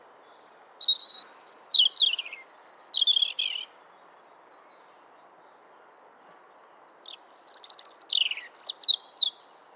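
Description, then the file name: European robin song: two rich phrases of high, tinkling warbles and trills separated by about three seconds of quiet. "Erithacus rubecula"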